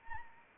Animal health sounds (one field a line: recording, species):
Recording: mosquito wingbeat signal from an infrared sensor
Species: Anopheles arabiensis